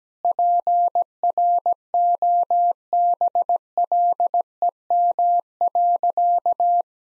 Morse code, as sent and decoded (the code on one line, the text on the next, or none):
.--. .-. --- -... .-.. . -- .-.-.-
PROBLEM.